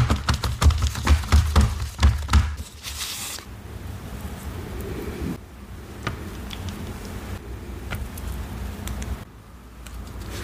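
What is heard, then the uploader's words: Crisp sounds of watermelon being handled open the first few seconds: a quick run of wet taps and crunchy clicks, loud. After about three seconds it settles into quieter, soft rustling and faint clicks over a low, steady hum. Watermelon ASMR.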